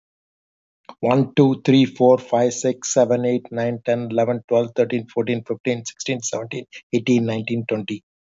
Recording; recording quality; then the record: counting at a fast pace; excellent, no background noise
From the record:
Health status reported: healthy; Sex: male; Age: 50 years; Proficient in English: yes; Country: United States